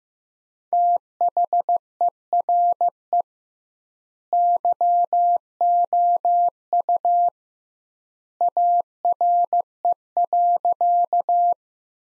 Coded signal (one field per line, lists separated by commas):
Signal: Morse code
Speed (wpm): 16 wpm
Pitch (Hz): 700 Hz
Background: none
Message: THERE YOU ARE.